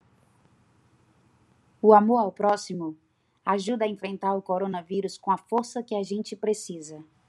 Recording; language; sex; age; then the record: spoken sentence; Brazilian Portuguese; female; 20 to 29 years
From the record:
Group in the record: control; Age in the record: 27 years